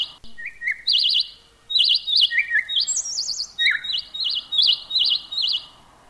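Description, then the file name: Bird song: lively sequence of wavering trilled notes, a few lower chirps mixed in, sung almost continuously. "tiengchimhot dangcapnhat"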